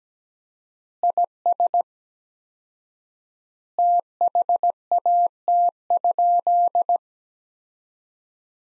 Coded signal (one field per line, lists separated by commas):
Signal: Morse code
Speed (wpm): 17 wpm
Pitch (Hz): 700 Hz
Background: none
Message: IS THAT?